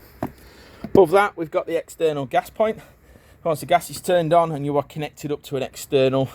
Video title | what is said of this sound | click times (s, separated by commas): Full Version-New Laika Kreos L5009 Instructional Video | again using the single key just to lock it you'll hear a firm click | 0.2 s